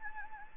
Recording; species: mosquito wingbeat signal from an infrared sensor; Anopheles gambiae